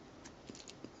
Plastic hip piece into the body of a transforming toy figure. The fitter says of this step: and then we're just gonna bring this hip piece back and that's just gonna pop into place